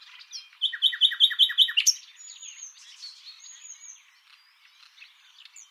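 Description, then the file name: Common nightingale song: a series of several loud, evenly spaced throbbing notes, then quieter warbling and long thin whistles. "Luscinia megarhynchos"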